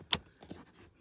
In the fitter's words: Push the center, and it locks in on the center as well.